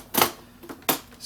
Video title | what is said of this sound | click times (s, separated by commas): LEGO City 2025 F1 Garage & Mercedes AMG & Alpine Cars 60444 Unboxing, Tour, & Review | they do lock back in and you're ready to launch | 0.9 s